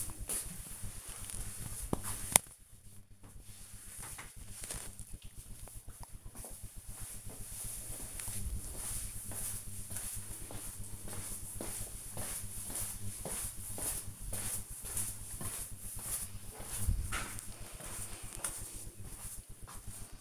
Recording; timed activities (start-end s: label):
household activities, microphone on the right wrist
none